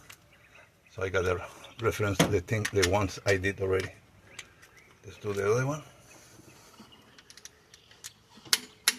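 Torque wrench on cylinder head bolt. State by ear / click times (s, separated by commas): torque reached / 8.5 s, 8.9 s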